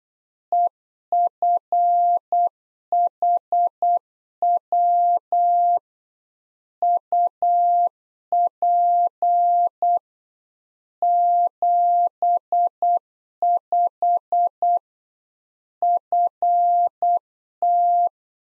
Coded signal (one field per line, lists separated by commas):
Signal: Morse code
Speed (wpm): 8 wpm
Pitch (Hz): 700 Hz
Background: none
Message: EFHW UP 75 FT